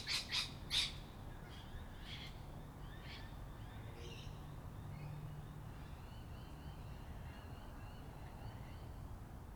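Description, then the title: Sulphur-crested cockatoo harsh screeches, three loud grating bursts in quick succession at the start, then fainter squawks and thin chirps from other birds. Evening in Canberra, Australia, April 2020, during lockdown; a large flock of local cockatoos calling, with assorted other birds. "An Evening in Canberra (Feat. 500 Cockies)"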